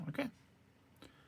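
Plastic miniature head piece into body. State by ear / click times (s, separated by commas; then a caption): seated / 1.0 s. The front-of-face and top-of-jaw piece of a plastic miniature's head is pressed onto the body. Someone talks briefly at the start, then a single short tick is heard at 1.0 s as the head pops into place and seats.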